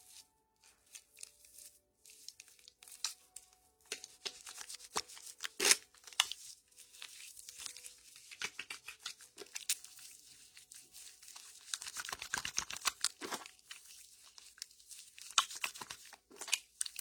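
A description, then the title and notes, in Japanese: Foam fizzes and crackles, a dense, irregular stream of tiny bright pops and ticks with no steady rhythm. Louder snaps stand out around six seconds and again near twelve to thirteen seconds, and a faint low hum runs underneath in the first half. 在鹿姐姐的洗发店！泡沫、水の音。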